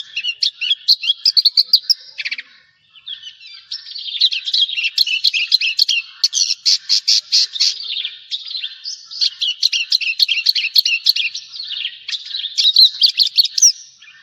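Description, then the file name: Javan bush lark song, rapid clicking notes mixed with buzzy chirps and trills, delivered in dense bursts with one short pause early on. "suara burung branjangan jawa"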